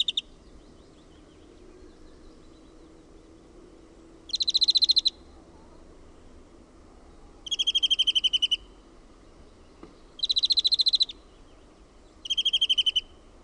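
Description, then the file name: European greenfinch song: short bursts of rapid rattling trills, each lasting about a second, delivered every few seconds against quiet background. "VIHERPEIPPO"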